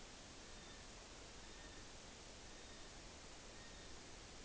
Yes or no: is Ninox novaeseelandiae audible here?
no